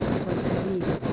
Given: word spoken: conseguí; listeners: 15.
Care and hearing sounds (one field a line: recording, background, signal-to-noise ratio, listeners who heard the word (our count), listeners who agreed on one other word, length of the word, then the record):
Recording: one Spanish word in noise, from a listening test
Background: noise modulated by three-talker babble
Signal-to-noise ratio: -4.4 dB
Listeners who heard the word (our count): 0 of 15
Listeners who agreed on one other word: 11 of 15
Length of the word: 0.73 s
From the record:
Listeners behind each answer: 11, 1, 1, 1, 1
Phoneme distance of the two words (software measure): 7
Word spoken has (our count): 3 syllables, 7 phonemes, stress on syllable 3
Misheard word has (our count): 3 syllables, 8 phonemes, stress on syllable 3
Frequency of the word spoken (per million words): 4.55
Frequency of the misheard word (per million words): 90.92